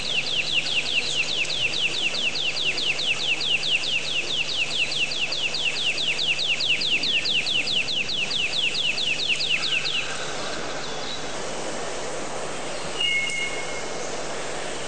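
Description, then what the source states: Bird trill, a fast run of rapid repeated downward-sweeping notes lasting about ten seconds, then quiet with one short high whistle. Many different bird sounds.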